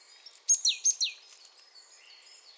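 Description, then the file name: Marsh tit call: sharp clicky high notes, each followed by a falling downslurred note, given in a quick run of about four elements. "Poecile palustris"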